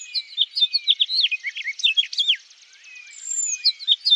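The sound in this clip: House finch song: a bright, tumbling warble of quick slurred notes for about two seconds, a pause, then a thin whistle and renewed twittering.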